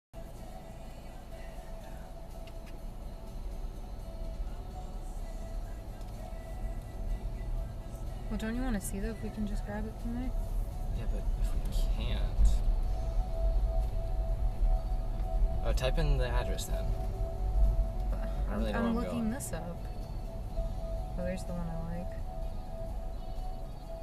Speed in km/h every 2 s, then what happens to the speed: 0, 0, 0, 0, 11, 10, 10, 10, 13, 15, 11, 5.
0-6 standing. 6-8 pulls away to 11. 8-19 steady at about 10. 19-24 slows to 5.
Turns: none.